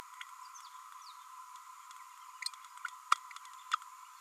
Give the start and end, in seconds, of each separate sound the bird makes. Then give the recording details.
3.71-3.75. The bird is a female. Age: 31 days. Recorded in a nest box in Venezuela. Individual 17B32A7